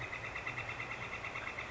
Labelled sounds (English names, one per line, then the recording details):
Northern Flicker
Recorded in Sonoma County, California